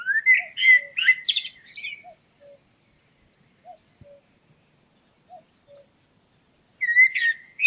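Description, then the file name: Common blackbird: squeaky, chattering notes for about two seconds, then quiet soft low notes, then another short squeaky burst at the end. "Turdus merula"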